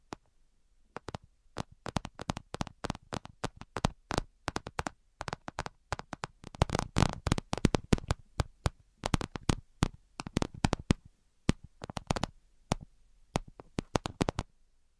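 Sharp tapping sounds come in quick, uneven bursts after a short silent start, each tap crisp and bright. The tapping gets busiest around seven to eight seconds and again near ten, then thins into scattered taps with brief pauses toward the end.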